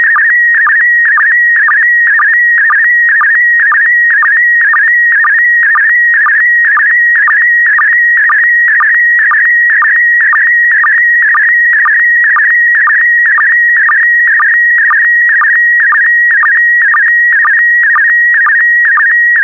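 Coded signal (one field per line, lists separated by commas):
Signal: SSTV (slow-scan television)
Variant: PD120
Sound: steady high whistling tone with rapid warbling chirps repeating about twice a second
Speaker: Five, four, three, two, one. Thank you. Transmission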